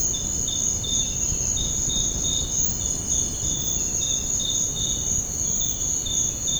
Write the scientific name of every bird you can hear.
none